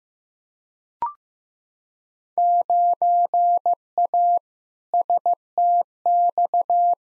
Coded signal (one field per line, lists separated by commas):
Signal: Morse code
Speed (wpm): 15 wpm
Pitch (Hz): 700 Hz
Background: none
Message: 9A STX